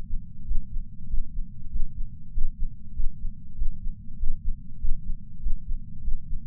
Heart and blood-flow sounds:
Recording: heart sounds by patch sensor on the chest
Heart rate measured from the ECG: 97 bpm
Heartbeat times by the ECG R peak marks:
0.44 s: heartbeat
1.06 s: heartbeat
1.69 s: heartbeat
2.31 s: heartbeat
2.93 s: heartbeat
3.54 s: heartbeat
4.16 s: heartbeat
4.77 s: heartbeat
5.39 s: heartbeat
6.01 s: heartbeat
From the record:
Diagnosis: coronary artery disease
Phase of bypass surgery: preoperative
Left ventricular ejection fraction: 69.2%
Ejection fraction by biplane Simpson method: 67.6%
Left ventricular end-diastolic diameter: 44 mm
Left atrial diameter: 34 mm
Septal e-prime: 8.5 cm/s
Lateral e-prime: 9.7 cm/s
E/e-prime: 11.5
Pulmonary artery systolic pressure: 27 mmHg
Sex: male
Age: 74 years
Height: 168 cm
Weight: 55 kg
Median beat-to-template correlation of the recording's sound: 0.94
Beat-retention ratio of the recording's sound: 0.99

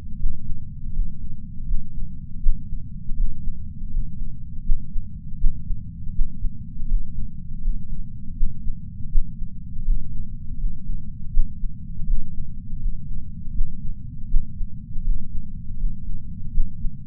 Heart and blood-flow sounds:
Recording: heart sounds by patch sensor on the chest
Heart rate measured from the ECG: 81 bpm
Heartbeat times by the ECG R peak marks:
0.17 s: heartbeat
0.91 s: heartbeat
1.65 s: heartbeat
2.40 s: heartbeat
3.15 s: heartbeat
3.89 s: heartbeat
4.63 s: heartbeat
5.38 s: heartbeat
6.13 s: heartbeat
6.86 s: heartbeat
7.60 s: heartbeat
8.35 s: heartbeat
9.09 s: heartbeat
9.83 s: heartbeat
10.56 s: heartbeat
11.31 s: heartbeat
12.05 s: heartbeat
12.78 s: heartbeat
13.52 s: heartbeat
14.28 s: heartbeat
15.02 s: heartbeat
15.76 s: heartbeat
16.51 s: heartbeat
From the record:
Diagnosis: coronary artery disease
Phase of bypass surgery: postoperative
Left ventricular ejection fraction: 54.4%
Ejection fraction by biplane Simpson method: 44%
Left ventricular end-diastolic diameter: 43 mm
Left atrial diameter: 34 mm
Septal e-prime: 5 cm/s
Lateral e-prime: 5.3 cm/s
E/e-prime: 15.7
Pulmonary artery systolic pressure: 21 mmHg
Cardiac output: 4.9 L/min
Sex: female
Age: 70 years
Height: 152 cm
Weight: 65 kg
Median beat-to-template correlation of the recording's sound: 0.82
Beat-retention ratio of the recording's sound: 0.98

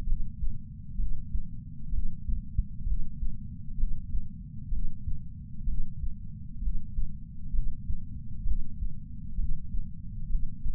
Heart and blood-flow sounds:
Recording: heart sounds by patch sensor on the chest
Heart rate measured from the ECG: 65 bpm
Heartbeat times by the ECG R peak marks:
0.05 s: heartbeat
0.97 s: heartbeat
1.90 s: heartbeat
2.84 s: heartbeat
3.76 s: heartbeat
4.70 s: heartbeat
5.65 s: heartbeat
6.60 s: heartbeat
7.52 s: heartbeat
8.44 s: heartbeat
9.36 s: heartbeat
10.28 s: heartbeat
From the record:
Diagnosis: coronary artery disease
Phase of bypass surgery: preoperative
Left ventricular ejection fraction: 47%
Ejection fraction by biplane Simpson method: 47.3%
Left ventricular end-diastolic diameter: 51 mm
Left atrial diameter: 32 mm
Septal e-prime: 4.7 cm/s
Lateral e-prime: 7 cm/s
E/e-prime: 9.1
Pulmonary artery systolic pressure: 21 mmHg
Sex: male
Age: 60 years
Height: 174 cm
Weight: 72 kg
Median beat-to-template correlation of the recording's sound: 0.91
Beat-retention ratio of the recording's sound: 0.98

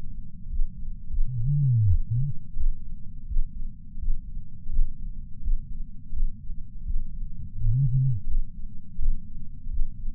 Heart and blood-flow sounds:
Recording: heart sounds by patch sensor on the chest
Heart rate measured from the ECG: 85 bpm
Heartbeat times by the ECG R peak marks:
0.49 s: heartbeat
1.08 s: heartbeat
1.86 s: heartbeat
2.56 s: heartbeat
3.26 s: heartbeat
3.98 s: heartbeat
4.69 s: heartbeat
5.41 s: heartbeat
6.12 s: heartbeat
6.84 s: heartbeat
7.56 s: heartbeat
8.27 s: heartbeat
8.98 s: heartbeat
9.69 s: heartbeat
From the record:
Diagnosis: coronary artery disease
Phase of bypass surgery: postoperative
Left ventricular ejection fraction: 60%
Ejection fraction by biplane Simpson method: 61.8%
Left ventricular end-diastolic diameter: 47 mm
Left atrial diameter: 40 mm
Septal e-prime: 4.5 cm/s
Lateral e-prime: 6.3 cm/s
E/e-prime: 20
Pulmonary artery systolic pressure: 28 mmHg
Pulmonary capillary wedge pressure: 14 mmHg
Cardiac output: 5.9 L/min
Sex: male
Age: 62 years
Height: 165 cm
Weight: 72 kg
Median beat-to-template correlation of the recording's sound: 0.87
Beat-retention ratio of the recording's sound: 1.00

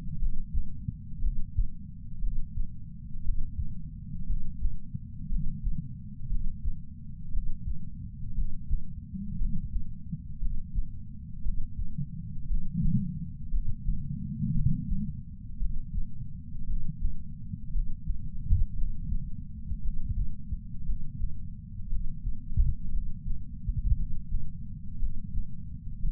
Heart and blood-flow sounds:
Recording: heart sounds by patch sensor on the chest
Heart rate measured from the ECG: 58 bpm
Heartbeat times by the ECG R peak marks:
0.20 s: heartbeat
1.23 s: heartbeat
2.22 s: heartbeat
3.24 s: heartbeat
4.28 s: heartbeat
5.30 s: heartbeat
6.30 s: heartbeat
7.32 s: heartbeat
8.36 s: heartbeat
9.40 s: heartbeat
10.40 s: heartbeat
11.44 s: heartbeat
12.49 s: heartbeat
13.52 s: heartbeat
14.54 s: heartbeat
15.60 s: heartbeat
16.68 s: heartbeat
17.74 s: heartbeat
18.77 s: heartbeat
19.82 s: heartbeat
20.87 s: heartbeat
21.91 s: heartbeat
22.92 s: heartbeat
23.98 s: heartbeat
25.00 s: heartbeat
26.03 s: heartbeat
From the record:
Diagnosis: coronary artery disease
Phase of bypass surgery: preoperative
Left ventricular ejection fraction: 41.8%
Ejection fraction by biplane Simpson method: 39%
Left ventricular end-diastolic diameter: 62 mm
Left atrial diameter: 43 mm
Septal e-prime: 3 cm/s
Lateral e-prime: 8 cm/s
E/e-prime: 13.6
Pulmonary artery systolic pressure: 41 mmHg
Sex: male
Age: 69 years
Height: 165 cm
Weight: 60 kg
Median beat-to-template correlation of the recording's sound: 0.79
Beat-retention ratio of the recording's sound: 0.99

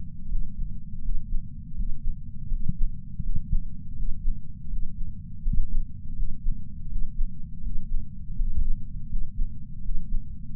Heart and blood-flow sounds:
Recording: heart sounds by patch sensor on the chest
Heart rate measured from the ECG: 82 bpm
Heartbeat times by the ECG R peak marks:
0.28 s: heartbeat
1.01 s: heartbeat
1.74 s: heartbeat
2.48 s: heartbeat
3.21 s: heartbeat
3.95 s: heartbeat
4.68 s: heartbeat
5.41 s: heartbeat
6.15 s: heartbeat
6.88 s: heartbeat
7.61 s: heartbeat
8.35 s: heartbeat
9.08 s: heartbeat
9.81 s: heartbeat
10.54 s: heartbeat
From the record:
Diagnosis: coronary artery disease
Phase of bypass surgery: postoperative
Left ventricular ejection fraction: 59.1%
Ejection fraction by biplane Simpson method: 55%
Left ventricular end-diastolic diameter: 46 mm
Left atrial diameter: 34 mm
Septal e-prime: 8 cm/s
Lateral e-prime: 6.5 cm/s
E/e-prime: 8.7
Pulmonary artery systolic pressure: 22 mmHg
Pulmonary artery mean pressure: 11 mmHg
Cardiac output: 4.38 L/min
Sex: male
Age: 58 years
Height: 160 cm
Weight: 70 kg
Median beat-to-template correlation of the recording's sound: 0.85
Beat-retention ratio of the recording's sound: 0.99

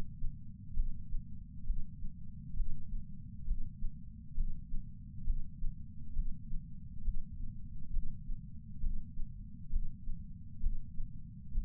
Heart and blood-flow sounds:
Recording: heart sounds by patch sensor on the chest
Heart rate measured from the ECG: 67 bpm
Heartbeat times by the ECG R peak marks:
0.73 s: heartbeat
1.63 s: heartbeat
2.53 s: heartbeat
3.43 s: heartbeat
4.33 s: heartbeat
5.23 s: heartbeat
6.12 s: heartbeat
7.01 s: heartbeat
7.90 s: heartbeat
8.79 s: heartbeat
9.69 s: heartbeat
10.59 s: heartbeat
11.51 s: heartbeat
From the record:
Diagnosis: coronary artery disease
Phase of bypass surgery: intraoperative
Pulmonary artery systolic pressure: 16 mmHg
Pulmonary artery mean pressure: 11 mmHg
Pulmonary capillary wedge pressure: 10 mmHg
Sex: female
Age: 58 years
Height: 155 cm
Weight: 55 kg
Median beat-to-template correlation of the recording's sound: 0.75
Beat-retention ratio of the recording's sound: 0.98

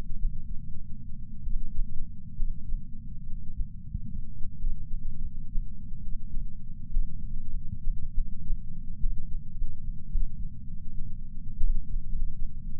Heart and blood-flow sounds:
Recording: heart sounds by patch sensor on the chest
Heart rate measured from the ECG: 70 bpm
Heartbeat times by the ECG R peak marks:
0.15 s: heartbeat
1.39 s: heartbeat
2.33 s: heartbeat
3.25 s: heartbeat
4.55 s: heartbeat
5.17 s: heartbeat
5.99 s: heartbeat
6.87 s: heartbeat
7.49 s: heartbeat
8.11 s: heartbeat
8.97 s: heartbeat
9.53 s: heartbeat
10.07 s: heartbeat
11.55 s: heartbeat
12.07 s: heartbeat
From the record:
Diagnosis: coronary artery disease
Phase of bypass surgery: postoperative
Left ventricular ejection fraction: 41.5%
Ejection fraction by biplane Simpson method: 34.6%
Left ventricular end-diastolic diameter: 67 mm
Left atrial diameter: 53 mm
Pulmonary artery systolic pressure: 24 mmHg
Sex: male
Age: 61 years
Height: 174 cm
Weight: 80 kg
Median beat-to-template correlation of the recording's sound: 0.54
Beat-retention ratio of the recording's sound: 0.99

